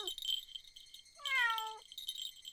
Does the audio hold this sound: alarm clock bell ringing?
no